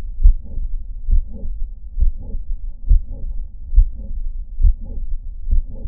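Regular heartbeat at about 68 beats a minute, each first sound followed by a softer, higher whooshing murmur filling the later part of systole. A late systolic murmur of mitral valve prolapse, where the mitral valve bulges back and leaks late in each contraction.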